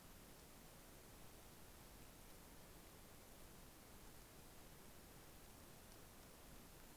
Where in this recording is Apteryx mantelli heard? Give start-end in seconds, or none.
none